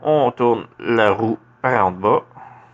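During the transformation of a diecast and plastic transforming robot toy, the paddle wheel is turned as the toy wheel section is handled toward its place inside the robot body while someone talks. Nothing has seated or clicked yet.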